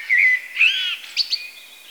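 Lark song: a clear whistled note, then a warbling phrase and two short high chirps.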